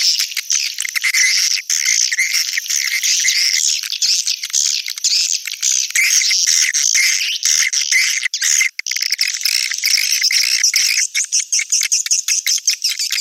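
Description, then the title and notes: Swiftlet calls fill the whole stretch: high, buzzy twitters in quick overlapping bursts from many birds, steady throughout with a couple of brief pauses. Swiftlet sound used in swiftlet farming in Asia. "Swiflet Bird Sound. Farming Swiflet Bird asia sound"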